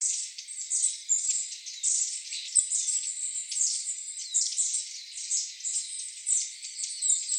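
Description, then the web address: Long-tailed tit calls: a busy, continuous stream of thin, high chirps. "birdenaga enaga"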